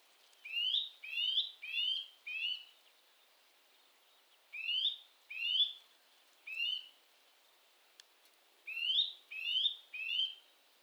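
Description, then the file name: Eurasian nuthatch giving rising whistled notes, each sweeping up quickly, delivered singly or in bursts of two to four with short pauses between groups. "Sitta europaea"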